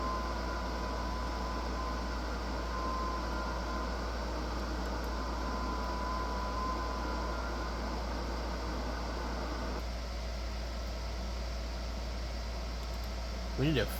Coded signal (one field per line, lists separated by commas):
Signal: FT8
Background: speech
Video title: Every time I get on 6 meters the California people qrm me